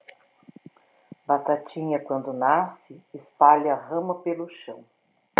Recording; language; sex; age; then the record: short text; Brazilian Portuguese; female; 60 to 69 years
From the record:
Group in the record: control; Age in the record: 60 years